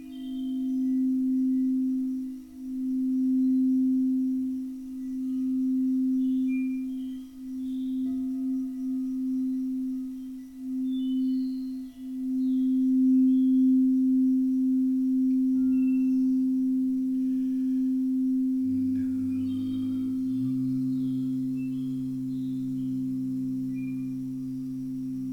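A singing bowl session: a steady, pure low tone rings on throughout, swelling and dipping in slow pulses every two or three seconds at first, then holding evenly. Around nineteen seconds, a deeper second bowl joins beneath it, with faint higher shimmers above.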